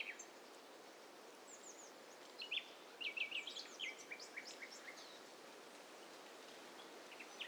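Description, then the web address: Bird chirps and short twittering notes from several callers overlap over a constant background hiss, busiest in the middle. Overlapping mix of several birds, assembled as a stereo test set. "STEREO BIRD COCKTAIL PARTY"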